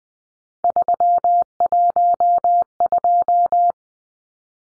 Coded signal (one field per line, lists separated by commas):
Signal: Morse code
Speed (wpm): 20 wpm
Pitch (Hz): 700 Hz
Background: none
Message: 312